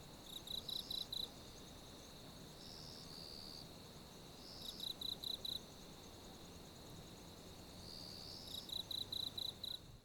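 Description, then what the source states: Grasshopper song, three rhythmic bursts of rapid high pulses spaced about four seconds apart, with steady background hiss. Recorded at night.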